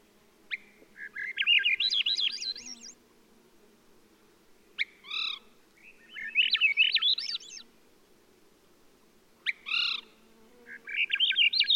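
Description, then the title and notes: Swainson's Thrush delivering three upward-spiralling whistled phrases, the last cut off at the end, each preceded by a sharp note, with nasal call notes between. "Swainson's Thrush. Macaulay Library at Cornell Lab of Ornithology"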